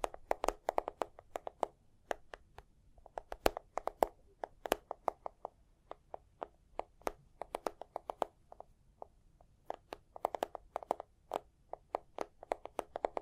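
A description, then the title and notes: Quick, sharp taps come in loose clusters throughout, several per second, with brief pauses between bursts. Each tap is short and crisp, mostly in the middle range with bright clicks on top. A faint low rumble sits underneath the whole time. Tapping and Scratching (No Talking).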